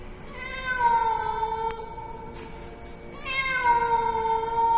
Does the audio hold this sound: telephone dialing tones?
no